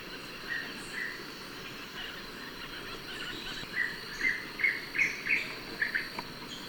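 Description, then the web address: Blackish Antbird song: a series of short notes that grow louder, over a steady insect hum. Ecuador. "Natures Songs S America Birds of Ecuador Blackish Antbird"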